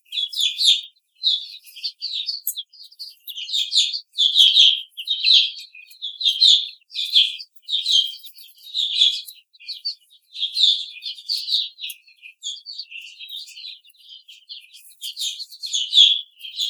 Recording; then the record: young laying hens in a cage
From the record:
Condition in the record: treatment cage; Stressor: simulated dog barking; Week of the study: 5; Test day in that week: 1